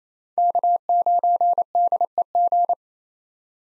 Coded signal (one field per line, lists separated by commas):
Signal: Morse code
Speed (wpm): 27 wpm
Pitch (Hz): 700 Hz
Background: none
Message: K9DEG